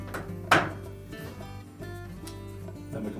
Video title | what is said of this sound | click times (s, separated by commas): Frigidaire Refrigerator Repair - How to Replace the Door Switch (Frigidaire # 240505801) | Then we can push in on the bottom, got locks in place. | 0.5 s